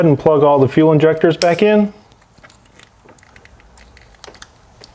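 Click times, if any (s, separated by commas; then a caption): 4.2 s. Someone talks for the first two seconds while the wiring harness plugs are pushed back onto the fuel injectors of a Nissan 3.5L V6 engine (Murano/Altima/Pathfinder), during a repair for engine knocking and ticking. Faint clicks and handling ticks follow, and a sharp snap at 4.2 s marks an injector connector seating in place.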